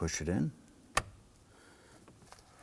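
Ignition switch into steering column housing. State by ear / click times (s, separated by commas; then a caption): seated / 1.0 s. A new plastic ignition switch for a 2015-2020 Ford F-150 is pushed into the steering column housing. Someone talks briefly, then a sharp click at 0.97 s marks the switch snapping and locking into place, followed by two faint ticks. The switch is seated.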